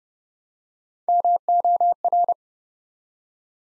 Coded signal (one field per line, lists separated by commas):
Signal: Morse code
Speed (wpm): 30 wpm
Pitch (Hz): 700 Hz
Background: none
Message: MOR